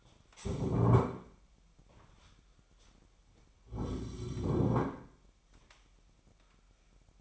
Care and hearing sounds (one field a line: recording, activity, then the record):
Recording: daily activity, microphone in the room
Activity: stand up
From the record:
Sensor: 1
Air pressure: 998.6 hPa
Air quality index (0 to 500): 118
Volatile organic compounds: 3 ppm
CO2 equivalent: 1407 ppm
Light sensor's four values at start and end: 8/19/8/9 and 8/19/8/9